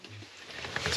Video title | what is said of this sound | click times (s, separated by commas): Tesla Model Y Fridge anyone can install - OEM look #teslamodely #teslaaccessories | this piece pops right off as well | 0.8 s, 0.9 s